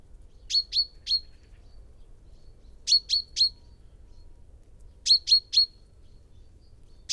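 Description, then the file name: Common chaffinch calls: sharp high notes in bursts of three, the bursts a couple of seconds apart, over a faint low rumble. "Fringilla coelebs"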